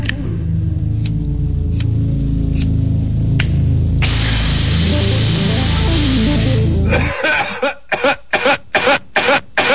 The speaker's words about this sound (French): Le papier. Le tabac. Le briquet.